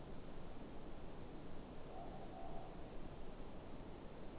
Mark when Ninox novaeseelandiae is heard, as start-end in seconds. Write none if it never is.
1.87-2.93